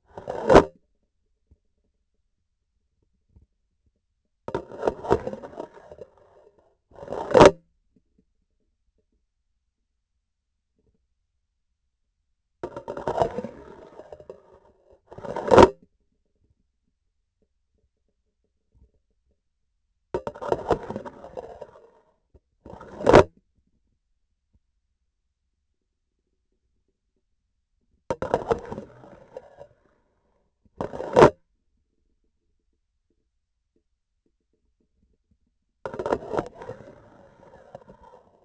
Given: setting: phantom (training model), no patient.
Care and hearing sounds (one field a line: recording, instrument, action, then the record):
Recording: laparoscopic instrument, vibration sensor on the handle end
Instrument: grasping forceps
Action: insertion and removal through the trocar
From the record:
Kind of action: spatial motion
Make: other than Olympus